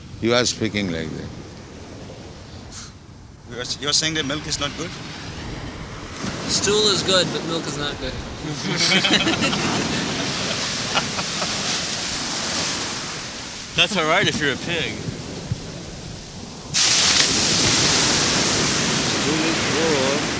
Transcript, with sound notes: He was speaking like that.
He was saying that milk is not good?
Stool is good, but milk is not good. [laughter]
That's all right if you're a pig.
Stool is good...